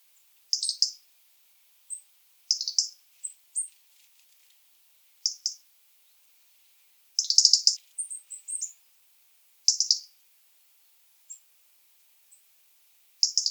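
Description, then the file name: European robin giving scattered high, thin phrases of quick notes, some trailing into short descending notes, separated by gaps of one to two seconds. "Erithacus rubecula"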